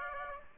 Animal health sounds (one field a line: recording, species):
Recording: mosquito wingbeat signal from an infrared sensor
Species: Aedes aegypti